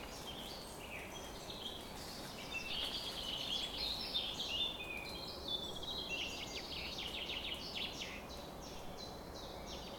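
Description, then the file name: Birds: bird dawn chorus with many overlapping chirps, trills and whistled phrases, denser in the middle, over quiet steady background hiss. Summer morning bird chorus at 4:40 am. "summer morning bird chorus-4 40 am in cobs"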